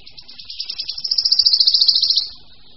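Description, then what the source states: Wood Warbler song: high thin notes that speed up into a fast, shivering trill lasting about two seconds, then stop. Simple, accelerating song delivered with great verve.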